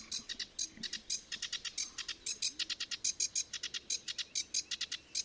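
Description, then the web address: Sedge warbler song, a quieter, rapid series of scratchy chattering notes against a soft background hiss. "chant didier collin phragmite des joncs"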